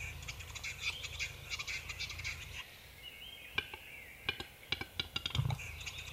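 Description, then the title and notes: Western capercaillie display: a series of dry clicks, then wheezy sounds and irregular loud knocks. "Metso. Pertti Koskimies"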